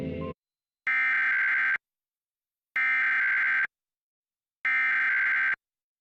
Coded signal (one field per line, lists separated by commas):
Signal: Emergency Alert System (SAME) tones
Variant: header bursts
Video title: EAS RMT In Washington DC (12-21-22 WHUT-DT1)